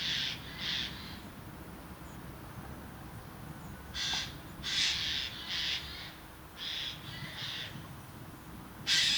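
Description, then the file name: Eurasian jay uttering a series of rasping, scratchy screeches in loose pairs and clusters, irregularly spaced, with faint background hiss. "Garrulus glandarius"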